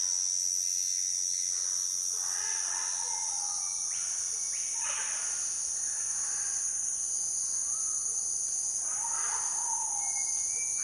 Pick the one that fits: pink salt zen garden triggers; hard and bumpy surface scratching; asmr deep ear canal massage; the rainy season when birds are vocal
the rainy season when birds are vocal